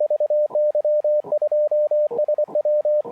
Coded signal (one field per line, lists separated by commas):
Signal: Morse code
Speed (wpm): 24 wpm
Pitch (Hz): 600 Hz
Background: radio noise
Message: VY2SW